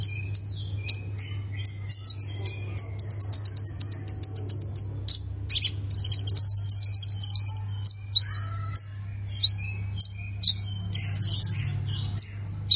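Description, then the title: Plain prinia mixing rapid chirp series, buzzy rattled trills and single sharp high notes, against a steady low hum. "Ciblek Sawah"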